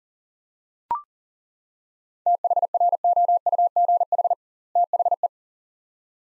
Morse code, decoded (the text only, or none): THROUGH THE